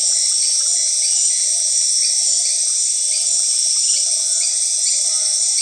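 Grasshoppers and crickets: orthopterans buzzing in one shrill unbroken sheet of sound, with small rising chirps popping up at irregular intervals underneath.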